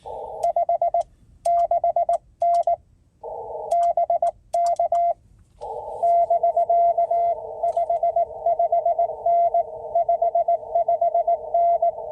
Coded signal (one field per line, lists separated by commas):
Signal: Morse code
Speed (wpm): 19 wpm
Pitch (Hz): 690 Hz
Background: radio noise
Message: 56N BK <BK> 55N 55N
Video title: CW POTA Activation from Upton Morgan State Forest